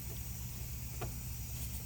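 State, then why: Not seated. An evap control valve on a 2012 Cadillac SRX4, with its hose connected, has been pushed flush into its twist-lock mount and is being turned toward where its plastic locking tab engages. A steady low rumble fills the clip, with one faint, brief handling sound near 1.0 s. Nothing has seated or clicked yet.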